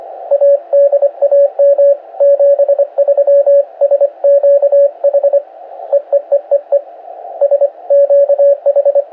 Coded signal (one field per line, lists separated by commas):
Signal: Morse code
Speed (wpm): 25 wpm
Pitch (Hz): 560 Hz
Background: radio noise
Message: ADAM 73 SQH EEEEE SQH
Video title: Basic QSO at 26wpm on 7 MHz | PA7JWC DE SQ5VCO